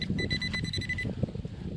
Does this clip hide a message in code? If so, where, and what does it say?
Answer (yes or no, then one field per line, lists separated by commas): no